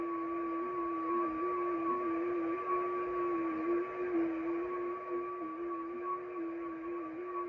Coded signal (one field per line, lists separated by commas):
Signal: FT8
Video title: Danny Shortwave And Radio DX Live Stream 6/5/2025 FM DX & 6 Meter FT8 Sporadic E-Skip action LIVE